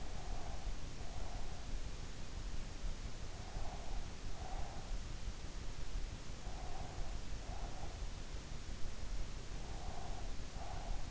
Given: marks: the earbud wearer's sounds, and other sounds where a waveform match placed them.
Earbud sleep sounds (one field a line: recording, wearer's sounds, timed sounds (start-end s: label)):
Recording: sounds in sleep by an in-ear microphone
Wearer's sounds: breath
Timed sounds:
0.00-1.67 s: breath
3.31-4.94 s: breath
6.52-8.03 s: breath
9.79-11.11 s: breath